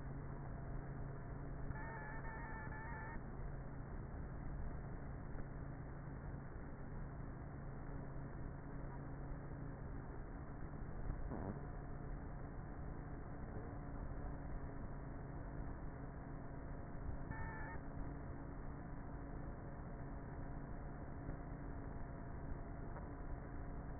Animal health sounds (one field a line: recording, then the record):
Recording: honeybee colony, microphone inside the hive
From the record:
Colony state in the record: queenless with a low population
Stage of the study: before two queens were removed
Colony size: about 30,000 bees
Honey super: no